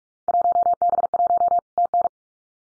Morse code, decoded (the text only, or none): 1B1 TN